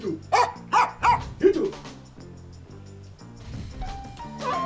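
A dog lets out four sharp, loud barks in quick succession, then the barking stops and only quieter, lingering background sound remains.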